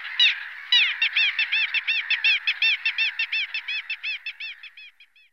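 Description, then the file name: Little gull calls, a fast run of nasal, harmonic kek notes, fading toward the end. "gabbianello"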